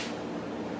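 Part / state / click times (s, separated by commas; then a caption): hubcap into generator wheel / not seated / none. A hubcap is handled at a generator's wheel, with a steady broadband hiss and low hum throughout and no distinct impacts. Nothing has seated or snapped in place yet.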